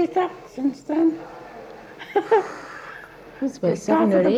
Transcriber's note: laughs